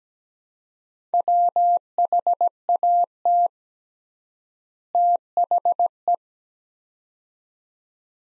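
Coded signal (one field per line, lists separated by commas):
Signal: Morse code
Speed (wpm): 17 wpm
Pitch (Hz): 700 Hz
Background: none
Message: WHAT THE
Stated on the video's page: Morse practice sets of two words at 17 wpm with 3x word-spacing, a Farnsworth-like method applied to words, for head-copying.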